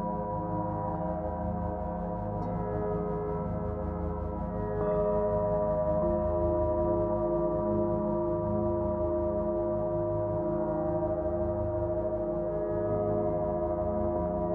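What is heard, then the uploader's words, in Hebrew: Tibetan singing bowls ring with a dense, steady blend of sustained tones, mostly low and mid-pitched with a slow wavering pulse. A fresh strike near the five-second mark makes the sound a little louder, and the layered hum holds evenly to the end. קערות טיבטיות.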